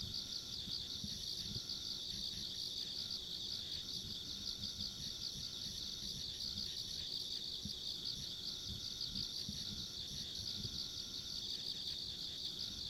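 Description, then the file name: Insects calling in an unbroken high shrill chorus with rapid pulsing, over a low background rumble. Ambient insect sounds recorded along a country road. "田舎道の虫の環境音"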